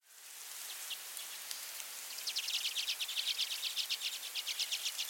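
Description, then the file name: Common redpoll giving a fast, dry trill of high chattering notes from about two seconds on, with a brief pause, after a few scattered notes, over a steady hiss. Nominate subspecies flammea. "Carduelis flammea flammea - Common Redpoll"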